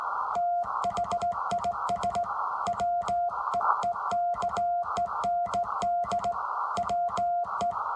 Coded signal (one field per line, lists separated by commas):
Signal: Morse code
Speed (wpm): 16 wpm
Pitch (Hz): 700 Hz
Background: none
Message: THIS WEEKEND WE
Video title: Amateur radio contact - Morse code with captions. Ten-Tec 506 Rebel